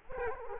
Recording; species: mosquito wingbeat signal from an infrared sensor; Culex quinquefasciatus